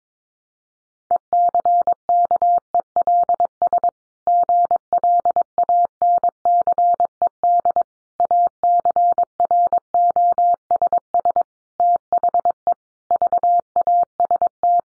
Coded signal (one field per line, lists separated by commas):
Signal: Morse code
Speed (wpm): 22 wpm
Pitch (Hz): 700 Hz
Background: none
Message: ECKELS GLANCED ACROSS THE VAST